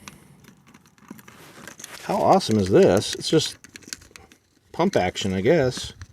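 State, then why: Not seated. A hand pump adapter is handled on a gear oil bottle during a manual transmission fluid change on a 2012 Hyundai Elantra, with soft crinkling and light tapping sounds while someone talks. The adapter has not been pushed down into place yet, and nothing has clicked or seated by the end.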